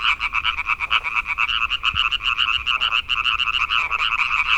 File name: Hyla arborea